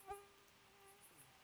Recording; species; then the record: mosquito flight sound by mobile phone; Aedes sierrensis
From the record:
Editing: cut to the mosquito's sound